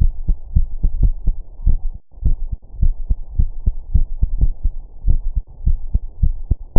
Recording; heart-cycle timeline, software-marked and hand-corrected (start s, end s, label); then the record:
heart sounds
0.00	0.11	S1
0.11	0.27	systole
0.27	0.37	S2
0.37	0.55	diastole
0.55	0.67	S1
0.67	0.79	systole
0.79	0.85	S2
0.85	1.01	diastole
1.01	1.15	S1
1.15	1.35	systole
1.35	1.45	S2
1.45	1.65	diastole
1.65	1.79	S1
1.79	1.95	systole
1.95	2.05	S2
2.05	2.25	diastole
2.25	2.37	S1
2.37	2.53	systole
2.53	2.61	S2
2.61	2.81	diastole
2.81	2.93	S1
2.93	3.09	systole
3.09	3.19	S2
3.19	3.37	diastole
3.37	3.49	S1
3.49	3.65	systole
3.65	3.75	S2
3.75	3.93	diastole
3.93	4.05	S1
4.05	4.15	systole
4.15	4.21	S2
4.21	4.37	diastole
4.37	4.53	S1
4.53	4.73	systole
4.73	4.85	S2
4.85	5.07	diastole
5.07	5.21	S1
5.21	5.37	systole
5.37	5.45	S2
5.45	5.65	diastole
5.65	5.77	S1
5.77	5.93	systole
5.93	6.03	S2
6.03	6.21	diastole
6.21	6.33	S1
6.33	6.49	systole
6.49	6.59	S2
6.59	6.79	diastole
From the record:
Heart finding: coronary artery disease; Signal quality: good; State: rest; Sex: female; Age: 54 years